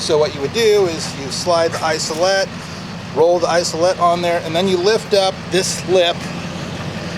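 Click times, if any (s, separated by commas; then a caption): none. Someone talks while handling the metal locking lip on an isolette lift platform in a 2007 Chevy ambulance, where the isolette (incubator) is rolled onto the platform and the lip is lifted to lock it in place. A steady low vehicle hum runs underneath the speech. Nothing has seated or clicked yet; the lip has not locked into place by the end of the clip.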